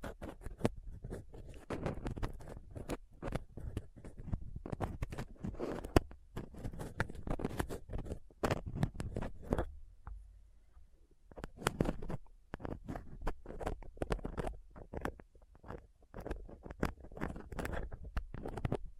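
A microphone is picked and rubbed roughly with dental pick, tweezers and swab: dense scratchy clicks and scrapes throughout, briefly sparse near ten seconds.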